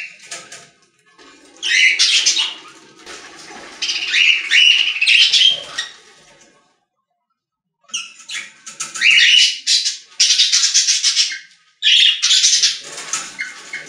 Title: Budgie Sounds